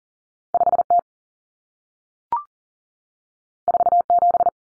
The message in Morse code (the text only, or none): 5T 47